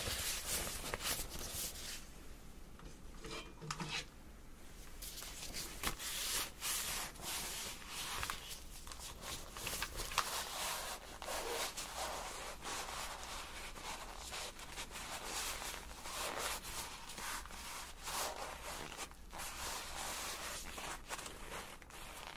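Continuous rubbing and scratching of ear cleaning, bright and crackly, with frequent sharp scrapes and a brief quieter stretch near three seconds.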